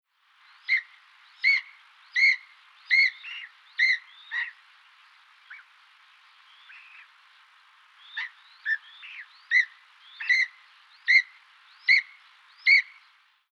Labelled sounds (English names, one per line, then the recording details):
Long-crested Eagle
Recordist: Tembrock, Günter
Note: Rufreihen